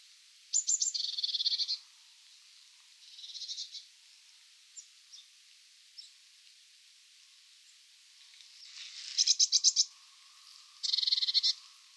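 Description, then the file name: Eurasian blue tit giving buzzy, rattling churrs in bursts of about a second, mixed with a few thin high notes. "Cyanistes caeruleus"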